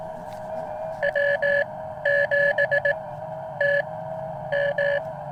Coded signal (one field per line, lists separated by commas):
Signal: Morse code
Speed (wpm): 18 wpm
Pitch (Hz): 1700 Hz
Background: none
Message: W7TM